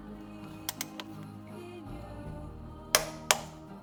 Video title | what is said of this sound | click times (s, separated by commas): Kianski Car Stories - Episode 1 (Porsche Cayman - Oil Change & Brake Fluid Flush) | wait for the click | 2.9 s